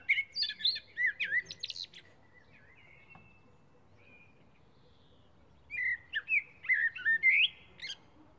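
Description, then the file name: Common blackbird singing two fluty, warbled phrases, each ending in a burst of high, squeaky twittering, separated by a few seconds of near silence. "Turdus merula"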